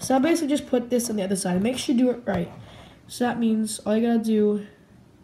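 Someone talks while handling the final half of a sphere made of small magnetic metal balls, which is being brought up to the other side of the sphere. Nothing has seated or clicked yet; the magnetic ball unit has not snapped onto the sphere.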